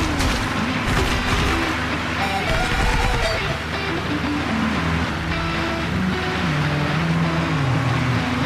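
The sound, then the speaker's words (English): A loud, steady engine drone from a video game car, with shifting low tones, rumbling bursts and impacts layered over the continuous roar. “Who's driving this car?”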